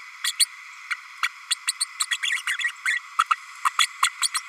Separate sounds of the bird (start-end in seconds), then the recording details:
0.24-0.32, 0.39-0.46, 0.90-0.95, 1.23-1.28, 1.50-1.55, 1.67-1.72, 1.80-1.86, 2.00-2.06, 2.10-2.17, 2.22-2.42, 2.47-2.57, 2.85-3.00, 3.19-3.23, 3.30-3.36, 3.65-3.70, 3.79-3.86, 4.02-4.09, 4.21-4.30, 4.34-4.42. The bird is a female. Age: 32 days. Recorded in a nest box in Venezuela. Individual 17B32A5